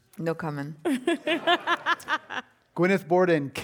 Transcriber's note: laughter